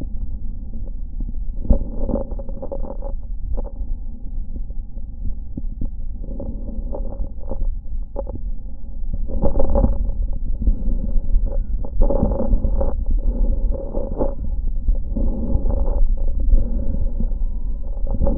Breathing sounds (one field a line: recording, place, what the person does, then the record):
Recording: lung sounds by stethoscope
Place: right anterior apical chest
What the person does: quiet breathing, then deep breathing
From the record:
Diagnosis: COPD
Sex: male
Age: 85 years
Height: 183 cm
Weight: 88 kg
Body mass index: 26.3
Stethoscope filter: diaphragm mode